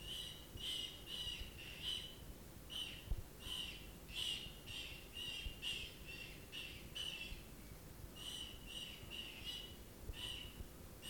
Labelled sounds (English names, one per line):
Brown Rat defence call